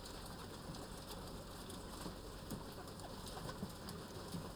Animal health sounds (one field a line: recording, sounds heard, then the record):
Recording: poultry house recording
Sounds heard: healthy chickens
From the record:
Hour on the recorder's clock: 13